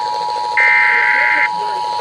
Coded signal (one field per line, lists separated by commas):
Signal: Emergency Alert System (SAME) tones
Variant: header bursts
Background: speech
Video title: EAS Compilation: Alert Inundation (6/21/21) (48 alerts)